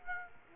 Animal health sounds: mosquito wingbeat signal from an infrared sensor; Aedes aegypti

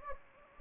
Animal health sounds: mosquito wingbeat signal from an infrared sensor; Anopheles gambiae

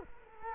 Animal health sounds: mosquito wingbeat signal from an infrared sensor; Culex quinquefasciatus

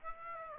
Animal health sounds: mosquito wingbeat signal from an infrared sensor; Aedes albopictus

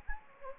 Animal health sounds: mosquito wingbeat signal from an infrared sensor; Anopheles gambiae

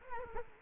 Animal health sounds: mosquito wingbeat signal from an infrared sensor; Culex quinquefasciatus

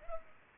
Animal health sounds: mosquito wingbeat signal from an infrared sensor; Culex pipiens

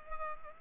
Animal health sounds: mosquito wingbeat signal from an infrared sensor; Culex pipiens

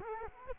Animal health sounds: mosquito wingbeat signal from an infrared sensor; Culex quinquefasciatus

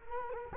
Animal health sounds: mosquito wingbeat signal from an infrared sensor; Culex quinquefasciatus

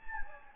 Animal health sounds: mosquito wingbeat signal from an infrared sensor; Anopheles gambiae

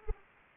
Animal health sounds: mosquito wingbeat signal from an infrared sensor; Anopheles arabiensis

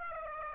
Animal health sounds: mosquito wingbeat signal from an infrared sensor; Aedes aegypti

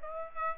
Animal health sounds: mosquito wingbeat signal from an infrared sensor; Aedes aegypti

